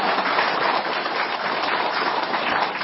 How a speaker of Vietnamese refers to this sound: Đại chúng cho một tràng pháo tay để chúc mừng.